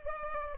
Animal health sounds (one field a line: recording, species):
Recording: mosquito wingbeat signal from an infrared sensor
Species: Culex pipiens